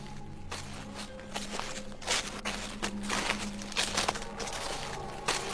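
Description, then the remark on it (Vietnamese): Footsteps of a woman walking slowly across a house yard crunch and rustle through dry leaves laid out to dry for medicine, in a slow, uneven series of crisp, papery scuffs over a low steady hum, with no voices. “Bước chân của bà ấy dẫm qua cái đám lá khô được phơi làm thuốc, cứ sột soạt, nghe đến nổi cả da gà.”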